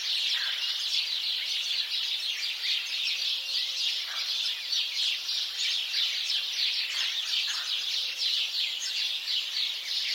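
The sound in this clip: House sparrows chirping together in a busy, unbroken chatter of sharp high notes.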